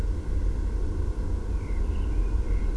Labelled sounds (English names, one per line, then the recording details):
Common Blackbird
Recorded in Germany
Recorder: ecoPi